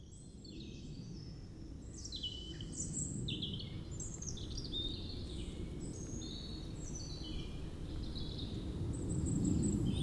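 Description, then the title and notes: European robin singing a long series of high, liquid phrases, while the low rumble of a departing plane swells toward the end. Singing in the huge Meerdaalbos forest, Oud-Heverlee, Belgium, with planes taking off nearby. "3051 Oud-Heverlee, Belgium - Meerdaalbos. Into the huge forest called Meerdaalbos, the European Robin singing, and planes takeoffs"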